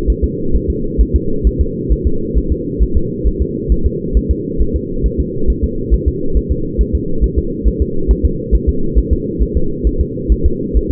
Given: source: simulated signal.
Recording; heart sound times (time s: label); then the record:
fetal heart sounds
0.10 s: S1
0.24 s: S2
0.56 s: S1
0.70 s: S2
1.01 s: S1
1.16 s: S2
1.47 s: S1
1.61 s: S2
1.92 s: S1
2.07 s: S2
2.38 s: S1
2.52 s: S2
2.82 s: S1
2.97 s: S2
3.27 s: S1
3.42 s: S2
3.72 s: S1
3.86 s: S2
4.17 s: S1
4.31 s: S2
4.61 s: S1
4.76 s: S2
5.06 s: S1
5.20 s: S2
5.50 s: S1
5.64 s: S2
5.94 s: S1
6.08 s: S2
6.37 s: S1
6.51 s: S2
6.81 s: S1
6.95 s: S2
7.24 s: S1
7.38 s: S2
7.68 s: S1
7.82 s: S2
8.11 s: S1
8.25 s: S2
8.55 s: S1
8.69 s: S2
8.98 s: S1
9.13 s: S2
9.43 s: S1
9.57 s: S2
9.87 s: S1
10.01 s: S2
10.32 s: S1
10.46 s: S2
10.77 s: S1
10.91 s: S2
From the record:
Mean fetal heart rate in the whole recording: 135 bpm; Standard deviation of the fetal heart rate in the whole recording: 3 bpm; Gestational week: 34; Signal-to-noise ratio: -8.1 dB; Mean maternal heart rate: 72 bpm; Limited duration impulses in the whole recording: absent